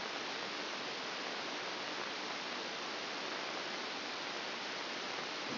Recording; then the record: brain microelectrode recording played as sound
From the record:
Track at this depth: inside the subthalamic nucleus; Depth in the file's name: 5.063 mm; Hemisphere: left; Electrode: 2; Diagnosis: Parkinson's disease